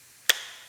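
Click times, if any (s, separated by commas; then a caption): 0.3 s. A replacement dash switch is pushed into the opening of a plastic dash bezel on a Silverado and snaps into place with a single sharp, bright click at 0.3 seconds. A short ring trails off after it. The switch is seated.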